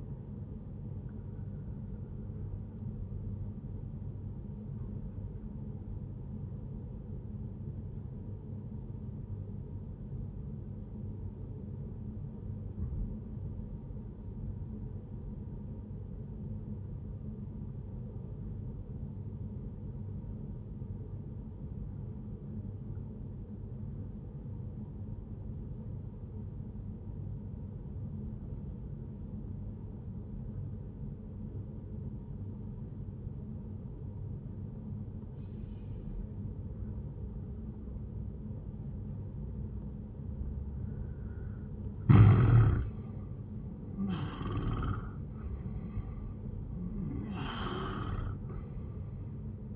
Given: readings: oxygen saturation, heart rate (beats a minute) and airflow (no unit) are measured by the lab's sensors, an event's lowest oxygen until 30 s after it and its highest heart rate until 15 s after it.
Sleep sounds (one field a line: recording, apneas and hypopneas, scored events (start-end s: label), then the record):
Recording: breathing in sleep by a smartphone at the bedside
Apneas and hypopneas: 1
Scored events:
4.00-42.10 s: obstructive apnea (N1, oxygen 96% highest, then 86% lowest, heart rate 74 at the start, 87 highest)
19.00-49.75 s: new sleep stage, N2 (light sleep)
From the record:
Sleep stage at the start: N1 (lightest sleep)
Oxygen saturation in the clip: 85 to 96%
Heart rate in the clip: 67 to 87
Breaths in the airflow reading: 3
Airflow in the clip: -7.3 to 14.3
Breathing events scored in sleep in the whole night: 131 in 7.2 hours asleep